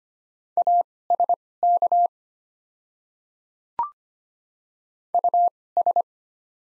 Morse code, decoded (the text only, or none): ASK US